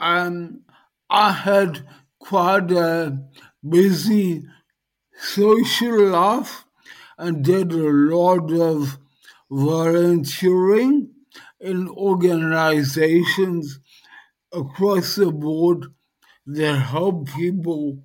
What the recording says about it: Living with dysarthria post-stroke. Had a brainstem hemorrhage, which totally changed my life.